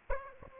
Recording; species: mosquito wingbeat signal from an infrared sensor; Aedes aegypti